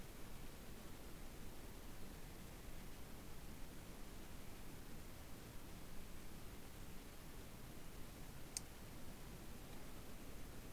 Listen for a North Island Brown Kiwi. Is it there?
no